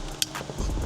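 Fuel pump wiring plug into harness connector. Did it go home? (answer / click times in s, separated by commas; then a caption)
yes / 0.2 s. A low-pressure fuel pump wiring harness plug is pushed into its connector on a G-chassis or A9X Supra, and one sharp, bright click sounds at 0.2 s. After the click there is a quieter low rumble. The connector is seated, and the low-pressure fuel pump install is complete.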